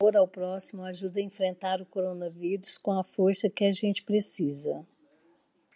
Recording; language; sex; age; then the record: spoken sentence; Brazilian Portuguese; female; 60 to 69 years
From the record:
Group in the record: control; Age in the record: 64 years